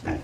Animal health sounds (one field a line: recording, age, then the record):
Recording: pig call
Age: growing-finishing pig (85 days or more)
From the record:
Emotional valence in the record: positive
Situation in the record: enriched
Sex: female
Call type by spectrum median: low-frequency call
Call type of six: low-frequency stable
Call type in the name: low-frequency stable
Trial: 1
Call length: 0.24 s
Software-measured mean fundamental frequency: 44 Hz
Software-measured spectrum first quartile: 228 Hz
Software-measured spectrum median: 407 Hz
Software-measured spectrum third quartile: 1085 Hz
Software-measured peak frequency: 317 Hz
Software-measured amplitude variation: 139 dB a second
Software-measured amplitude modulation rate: 14.7 a second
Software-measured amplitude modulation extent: 9.5 dB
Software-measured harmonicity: -2.2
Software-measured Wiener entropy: -1.04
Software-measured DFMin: 646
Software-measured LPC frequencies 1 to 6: 1713, 2472, 3884, 4977, 5950, 6726 Hz